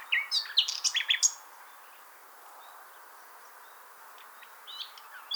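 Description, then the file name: Common nightingale song: a rapid burst of varied sharp chirps and whistled notes in the first second and a half, then quiet hiss with faint notes. "Luscinia megarhynchos"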